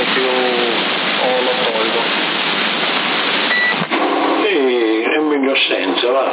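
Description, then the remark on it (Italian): A CB radio transmission with an echo effect: steady hissy static carries a tinny, garbled voice, broken by a brief high beep, then the voice returns louder with a smeared, repeating quality. “si sente l'eco, dai.”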